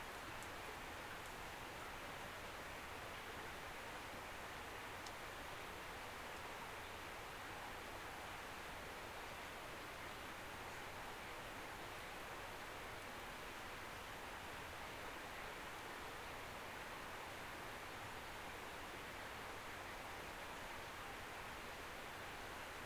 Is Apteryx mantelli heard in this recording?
no